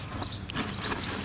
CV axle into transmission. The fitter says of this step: popped right in